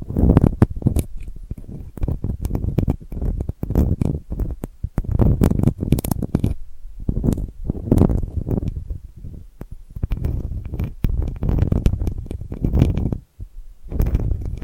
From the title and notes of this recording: ASMR Delicate Scratching for Sleep (No Talking).